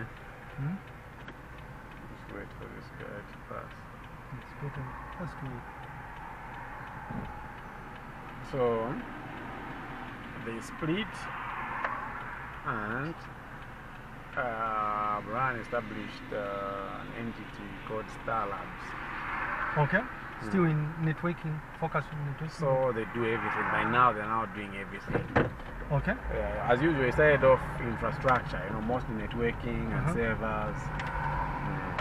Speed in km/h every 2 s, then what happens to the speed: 0, 0, 0, 0, 0, 0, 0, 0, 0, 0, 0, 0, 0, 8, 15, 16.
0-25 standing. 25-27 pulls away to 15.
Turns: none.